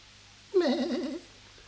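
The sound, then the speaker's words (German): A single wavering goat bleat lasts about half a second, with a quavering, nasal, mid-pitched tone that rises sharply and fades out, heard alone against a quiet background. “Nein, halt nicht die Ziege.”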